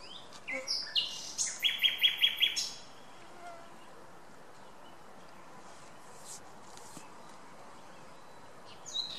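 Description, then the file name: Common nightingale song: scattered sharp notes leading into a fast series of loud, repeated chirps, followed by a quiet spell. "Luscinia megarhynchos"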